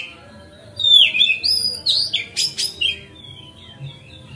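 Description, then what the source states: Oriental magpie-robin song: slurred whistles and harsh buzzy notes in quick succession, trailing off into softer whistled phrases. Kacer song used as masteran (tutoring other birds), on a terrace.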